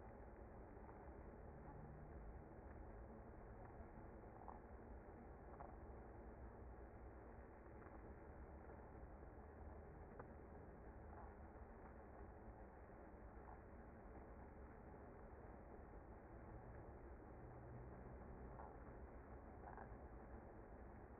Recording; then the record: honeybee colony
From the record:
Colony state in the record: active